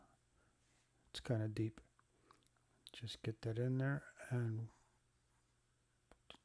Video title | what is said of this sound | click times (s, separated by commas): Cabin Air Filter Install on a 2017 Hyundai Santa Fe Sport | the other side just snaps into place. | 6.1 s, 6.3 s